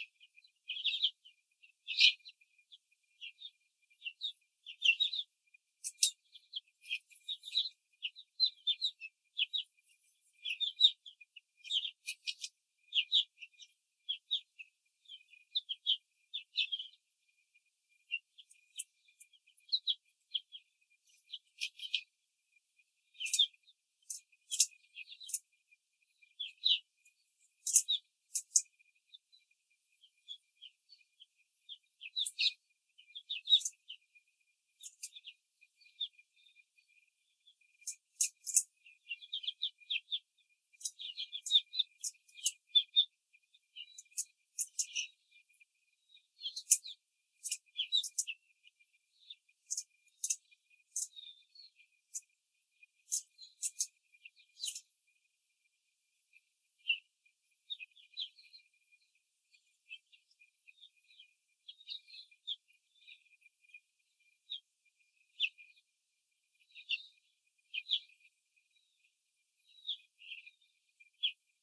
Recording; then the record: young laying hens in a cage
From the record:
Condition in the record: control cage, before the stress test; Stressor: none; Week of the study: 4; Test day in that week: 3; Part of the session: 4